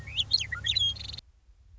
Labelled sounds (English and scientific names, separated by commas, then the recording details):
Western Meadowlark (Sturnella neglecta)
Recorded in Sonoma County, California